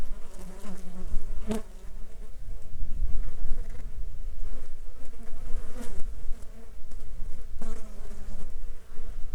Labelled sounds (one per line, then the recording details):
wind
insects
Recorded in the Arctic National Wildlife Refuge, Alaska, on 9 July 2019 at 12:44
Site 35